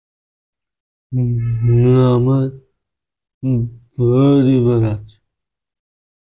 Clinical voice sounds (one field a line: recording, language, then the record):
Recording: elicited speech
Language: Bengali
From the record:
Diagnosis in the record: Broca's or global aphasia after a stroke